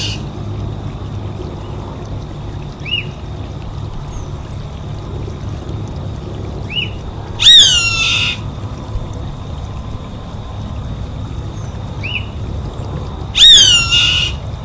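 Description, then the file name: Savanna hawk screaming: two long, hoarse, descending screams about six seconds apart, with faint short chirps and a steady low hum underneath. "Canto do gaviao vaqueiro"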